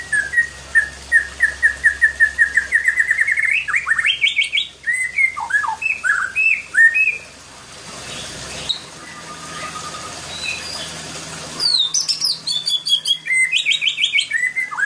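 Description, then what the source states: White-rumped shama song: a rising run of rapid notes into varied whistles and slurs, a quiet pause, then bright phrases return. Master song recording used for training other birds to sing.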